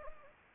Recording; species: mosquito wingbeat signal from an infrared sensor; Anopheles gambiae